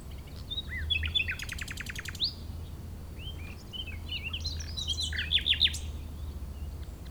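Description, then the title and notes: Common nightingale song with rapid rattling trills and varied whistled, slurred notes in separate bursts, against a background of low wind noise. Chindrieux, France; nightingale season in full swing; sunny day; fairly strong west wind; singer hidden in scrub; Zoom H4n Pro on the ground tens of metres from singer, in a small valley away from motorbike traffic. "Chindrieux, France - Rossignol. La saison des rossignols bat son plein"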